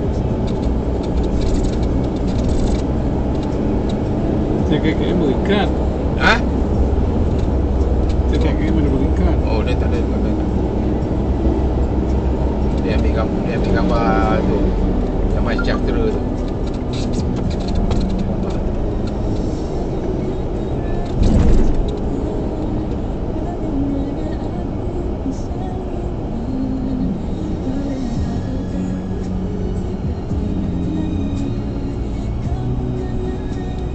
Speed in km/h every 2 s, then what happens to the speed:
89, 91, 94, 92, 91, 89, 90, 86, 78, 73, 70, 68, 61, 52, 47, 39, 37.
0-12 steady at about 91. 12-34 slows to 37.